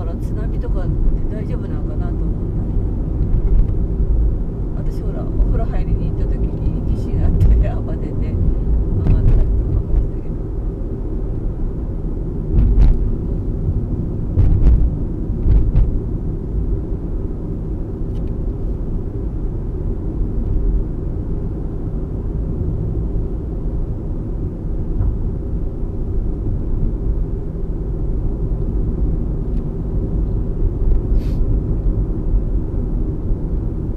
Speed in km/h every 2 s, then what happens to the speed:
40, 44, 44, 46, 46, 45, 41, 40, 41, 42, 43, 43, 42, 43, 44, 45, 44.
0-5 speeds up to 46. 5-34 steady at about 43.